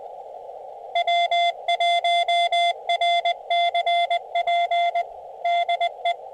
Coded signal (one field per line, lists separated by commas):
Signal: Morse code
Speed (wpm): 20 wpm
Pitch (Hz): 690 Hz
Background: none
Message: W1RCP DE